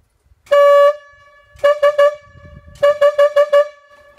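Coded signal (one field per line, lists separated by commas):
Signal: whistle signal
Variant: cable logging yarder whistle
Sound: reedy horn whistle: one long blast, then three short blasts, then five short blasts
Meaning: Dump (lower) the skyline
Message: 1 long, 3 short, 5 short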